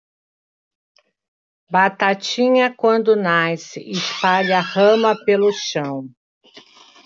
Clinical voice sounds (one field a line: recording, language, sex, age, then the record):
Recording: short text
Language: Brazilian Portuguese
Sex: female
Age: 60 to 69 years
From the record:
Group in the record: control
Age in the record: 63 years